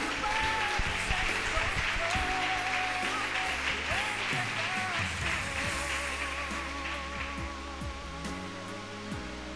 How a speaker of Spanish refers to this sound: Dele un aplauso al Rey.